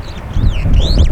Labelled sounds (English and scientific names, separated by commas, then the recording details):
Superb Starling (Lamprotornis superbus) flight call
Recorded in Kenya